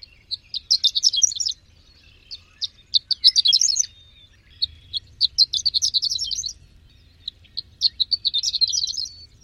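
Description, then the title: Greater green leafbird singing bright, fast twittering phrases of high chirps, delivered in clusters separated by brief gaps, with a faint low hum underneath. "Kicau Cucak Ijo"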